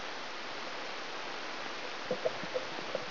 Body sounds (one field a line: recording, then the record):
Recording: brain microelectrode recording played as sound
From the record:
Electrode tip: outside the subthalamic nucleus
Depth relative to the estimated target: 1.5 mm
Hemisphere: left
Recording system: AlphaMap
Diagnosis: Parkinson's disease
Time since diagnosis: 20 years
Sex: female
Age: 65 years